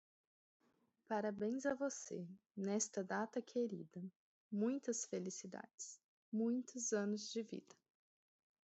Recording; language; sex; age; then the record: short text; Brazilian Portuguese; female; 30 to 39 years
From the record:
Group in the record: control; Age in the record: 30 years